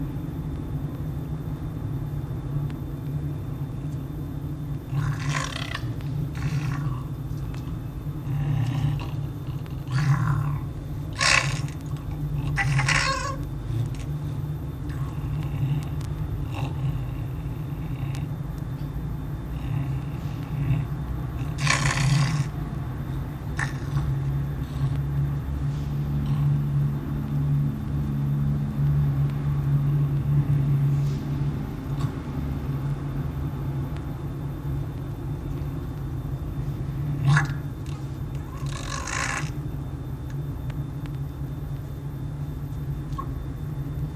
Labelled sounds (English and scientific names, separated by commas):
Red Fox (Vulpes vulpes)